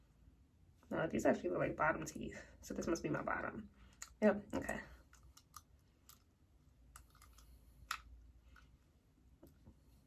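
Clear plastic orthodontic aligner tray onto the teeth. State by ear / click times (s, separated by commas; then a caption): seated / 7.9 s. Someone talks, then presses a bottom clear plastic Invisalign orthodontic aligner tray onto the teeth, with a few faint ticks as it goes on. A sharp click at 7.9 s marks the aligner snapping into place, seated.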